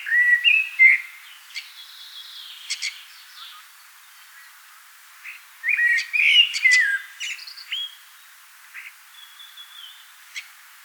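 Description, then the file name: Common blackbird singing: two fluty whistled phrases with high squeaky twitters, separated by several quiet seconds with faint chirps. "Turdus merula"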